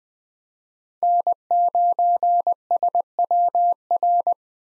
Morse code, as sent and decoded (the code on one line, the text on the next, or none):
-. ----. ... .-- .-.
N9SWR